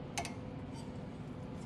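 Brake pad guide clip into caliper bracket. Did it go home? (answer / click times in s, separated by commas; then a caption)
yes / 0.2 s. A second metal brake pad guide clip is pushed into a caliper bracket and snaps into place with a sharp click at 0.2 s, followed by a softer tick at 0.3 s over a steady low hum. The clip is seated.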